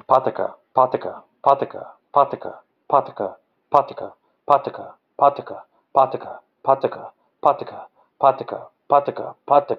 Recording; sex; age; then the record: repeated syllables /pa ta ka/; male; 40 to 49 years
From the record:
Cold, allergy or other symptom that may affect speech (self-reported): no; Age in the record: 43 years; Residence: North Carolina, United States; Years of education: 16